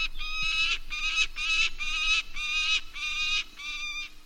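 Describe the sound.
Peregrine Falcon giving a run of harsh, grating cack notes, about seven in four seconds, each note rough and ringing, over a low steady hum.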